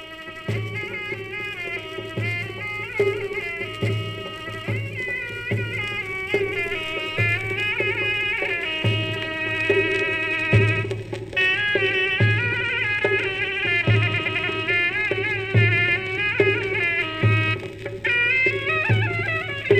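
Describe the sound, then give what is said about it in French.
A zurna, a double-reed wind instrument, plays solo in a recording from the 1930s: a loud, bright, nasal melody with winding, ornamented phrases and sustained high notes, over a low steady pulsing accompaniment throughout, with no voices. “La Zurna, c'est un instrument à vent ange double qu'on entend beaucoup en Turquie, en Iran également.”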